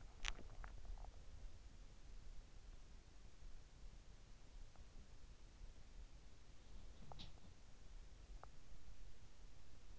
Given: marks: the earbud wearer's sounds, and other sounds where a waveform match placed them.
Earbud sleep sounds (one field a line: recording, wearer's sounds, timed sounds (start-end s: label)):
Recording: sounds in sleep by an in-ear microphone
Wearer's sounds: teeth grinding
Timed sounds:
0.00-0.96 s: teeth grinding
6.98-8.64 s: sound from someone else or the room